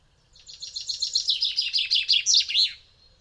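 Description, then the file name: Common chaffinch song: a quick, even run of high chipping notes that gently descends and closes with an emphatic terminal flourish, faint low rumble beneath. "Fringilla coelebs"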